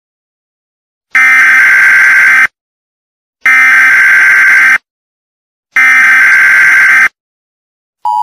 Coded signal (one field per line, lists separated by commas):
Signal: Emergency Alert System (SAME) tones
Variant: header bursts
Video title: Survivalcraft 2 EAS at 3 AM (Final Remake)